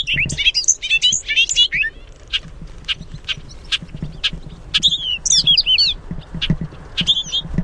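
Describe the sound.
Bobolink bursts of tinkling song at the start, midway and near the end, separated by sharp single call notes.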